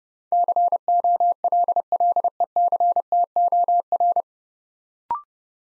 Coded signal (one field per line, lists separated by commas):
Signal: Morse code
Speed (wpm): 30 wpm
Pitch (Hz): 700 Hz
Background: none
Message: COLLECTOR